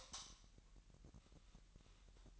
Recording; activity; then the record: daily activity, microphone in the room; light off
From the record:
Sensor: 3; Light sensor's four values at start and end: 11/32/13/12 and 6/13/5/6